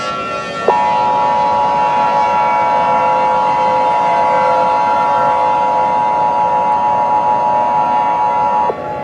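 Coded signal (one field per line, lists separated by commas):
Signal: Emergency Alert System (SAME) tones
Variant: 853 and 960 Hz attention tone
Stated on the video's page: Fake, fictional EAS mockup that contains valid EAS tones.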